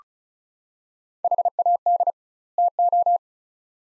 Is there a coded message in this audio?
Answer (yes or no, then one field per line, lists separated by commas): yes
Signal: Morse code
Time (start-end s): 1.2-3.2 s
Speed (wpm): 34 wpm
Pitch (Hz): 700 Hz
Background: none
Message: HAD TO